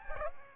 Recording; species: mosquito wingbeat signal from an infrared sensor; Aedes aegypti